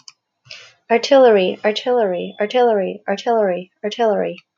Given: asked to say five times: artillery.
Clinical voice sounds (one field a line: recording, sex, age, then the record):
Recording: repeated word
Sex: female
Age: 40 to 49 years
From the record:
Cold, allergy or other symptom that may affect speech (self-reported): no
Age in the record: 44 years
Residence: Hong Kong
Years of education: 30